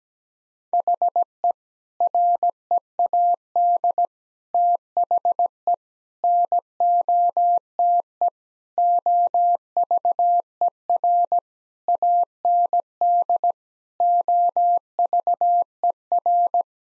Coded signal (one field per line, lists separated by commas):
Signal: Morse code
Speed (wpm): 17 wpm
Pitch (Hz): 700 Hz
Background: none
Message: HE READ THE NOTE OVER AND OVER